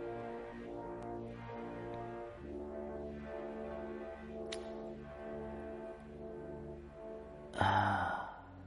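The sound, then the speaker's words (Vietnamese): A long, drawn-out yawn from a person growing sleepy while reading aloud, with a wavering, sliding pitch that stretches on for several seconds, ending in a sudden breathy exhale. “Bắt đầu buồn ngủ rồi, đọc có thấy ngáp rồi.”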